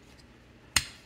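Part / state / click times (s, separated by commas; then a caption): black plastic section of a transforming toy robot figure moving into its locked position on the figure body / seated / 0.8 s. During transformation of a Transformers Rise of the Beasts Battle Alliance Battle Changer Optimus Prime figure, the black plastic section is grabbed and the whole section is moved into its locked position on the figure body. After near silence, a single sharp, bright plastic snap sounds at 0.8 s and fades quickly. The part snaps and seats into place.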